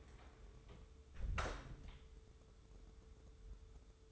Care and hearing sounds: daily activity, microphone in the room; close door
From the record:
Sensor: 3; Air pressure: 1015.2 hPa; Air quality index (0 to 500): 130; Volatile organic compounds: 5 ppm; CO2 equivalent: 1828 ppm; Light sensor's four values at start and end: 16/40/16/17 and 16/40/16/17

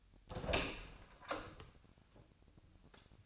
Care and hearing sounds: daily activity, microphone in the room; open door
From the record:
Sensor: 2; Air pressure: 1007.1 hPa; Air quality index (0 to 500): 189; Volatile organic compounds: 11 ppm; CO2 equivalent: 2323 ppm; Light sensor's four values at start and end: 10/23/10/10 and 10/24/10/10

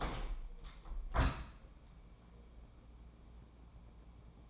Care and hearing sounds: daily activity, microphone in the room; open window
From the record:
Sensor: 1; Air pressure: 1012.4 hPa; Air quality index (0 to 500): 168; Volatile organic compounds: 3 ppm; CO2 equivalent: 1374 ppm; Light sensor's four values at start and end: 234/538/238/262 and 232/531/235/260

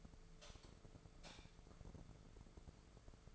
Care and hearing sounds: daily activity, microphone in the room; light off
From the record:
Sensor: 5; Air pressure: 1014.8 hPa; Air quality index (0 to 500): 169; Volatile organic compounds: 6 ppm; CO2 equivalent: 1860 ppm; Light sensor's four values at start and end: 94/227/95/103 and 98/233/99/107

